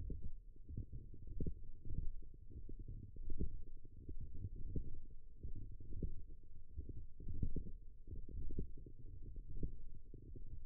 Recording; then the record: forearm muscle sounds (acoustic myography)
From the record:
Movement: radial deviation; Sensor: system 1, eight BSWA MPA416 microphones around the upper forearm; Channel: 3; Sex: female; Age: 20 years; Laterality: right